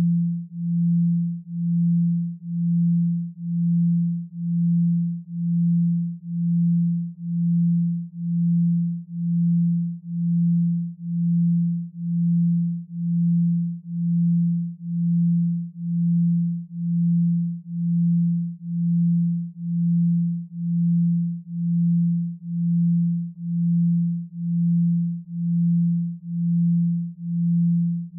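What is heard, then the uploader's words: Binaural beats: a single low, pure tone hums steadily for the whole clip. Its loudness swells and dips in a smooth, even pulse about once per second. Nothing else can be heard beneath or around it. Binaural Beats.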